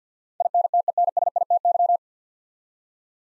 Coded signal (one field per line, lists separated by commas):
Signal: Morse code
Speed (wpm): 50 wpm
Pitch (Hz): 700 Hz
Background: none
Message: INTENSITY